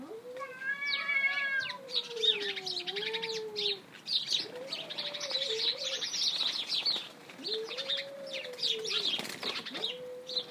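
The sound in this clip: Cat meows: several wavering, drawn-out cries that rise and dip, some with rich overtones, over a steady chatter of high chirping birds.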